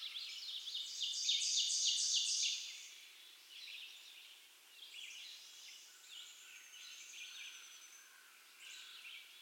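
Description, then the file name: Mourning Warbler song: a loud phrase of repeated high syllables, followed by fainter similar phrases. "Geothlypis philadelphia - Mourning Warbler"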